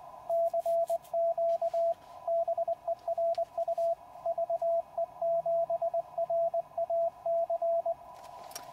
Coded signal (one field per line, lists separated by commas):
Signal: Morse code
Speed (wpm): 21 wpm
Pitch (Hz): 670 Hz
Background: radio noise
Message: CQ BERU VE7RAC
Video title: Successful QRP Contacts with 5 Watts in the Field